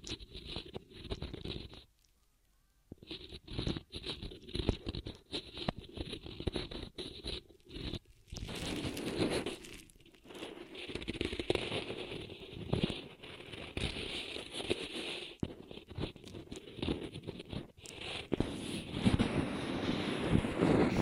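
Ear massage triggers: dense, rapid rubbing and scratching that patters and crunches in quick bursts. The texture shifts between muffled, fuller rubbing and brighter, hissy scraping, with a brief near-silent pause around two seconds and short dropouts scattered throughout.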